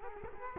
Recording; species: mosquito wingbeat signal from an infrared sensor; Culex quinquefasciatus